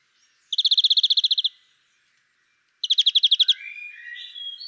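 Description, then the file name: European greenfinch uttering two quick, even trills of chipping notes, the second trill followed by a soft, wheezy twitter. "Chloris chloris"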